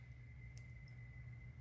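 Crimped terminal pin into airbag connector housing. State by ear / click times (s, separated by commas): seated / 0.6 s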